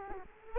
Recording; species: mosquito wingbeat signal from an infrared sensor; Culex quinquefasciatus